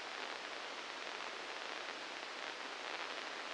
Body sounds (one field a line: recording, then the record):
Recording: brain microelectrode recording played as sound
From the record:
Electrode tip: inside the subthalamic nucleus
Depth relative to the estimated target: -2 mm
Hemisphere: left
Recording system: NeuroSet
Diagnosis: Parkinson's disease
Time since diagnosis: 19 years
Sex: female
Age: 69 years